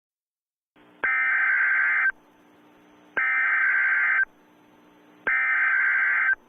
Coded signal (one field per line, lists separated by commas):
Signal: Emergency Alert System (SAME) tones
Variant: header bursts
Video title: Arrowverse EAS 2: Arrow 1.23